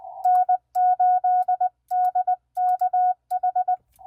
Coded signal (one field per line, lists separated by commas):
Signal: Morse code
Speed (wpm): 20 wpm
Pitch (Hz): 730 Hz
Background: none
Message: N8DKH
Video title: Successful POTA and TOTA activations on 40 meters with QRP and a mag mount ham stick this morning!